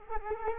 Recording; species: mosquito wingbeat signal from an infrared sensor; Culex quinquefasciatus